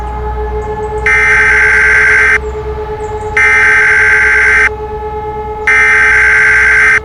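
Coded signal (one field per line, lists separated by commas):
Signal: Emergency Alert System (SAME) tones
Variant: header bursts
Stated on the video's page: Fictional EAS scenario.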